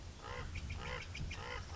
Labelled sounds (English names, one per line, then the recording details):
Common Raven
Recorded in Sonoma County, California